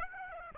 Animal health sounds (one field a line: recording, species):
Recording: mosquito wingbeat signal from an infrared sensor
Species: Aedes aegypti